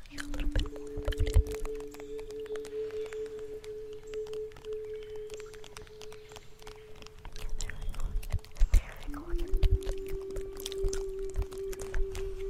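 A native flute holds long, steady low notes, shifting pitch once near nine seconds, with scattered soft clicks and knocks underneath throughout.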